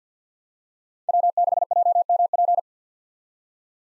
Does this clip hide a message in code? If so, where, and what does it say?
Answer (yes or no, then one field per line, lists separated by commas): yes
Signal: Morse code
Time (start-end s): 1.1-2.6 s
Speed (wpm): 50 wpm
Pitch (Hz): 700 Hz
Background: none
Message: W6JMP